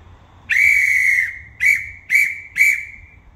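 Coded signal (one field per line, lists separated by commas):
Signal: whistle signal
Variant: crane whistle signal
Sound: a shrill whistle: one long blast then three short blasts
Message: 1 long, 3 short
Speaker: the whistle signal is going to be one long and three short so okay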